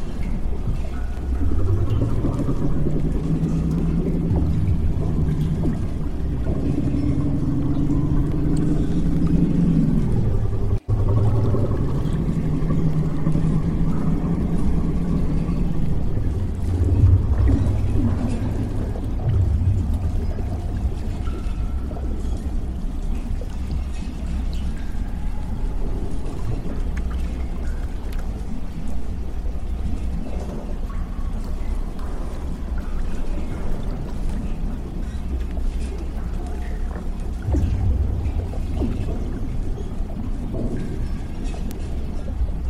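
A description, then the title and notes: Sci-fi ambience of a damaged underwater lab: a constant deep rumble with low groaning tones that slide up and down through the first twenty seconds, briefly cut off near eleven seconds. Afterwards the drone thickens, dotted with faint creaks and trickling, watery clicks. Warning!! you are in the damaged underwater lab. Sci-fi ambience.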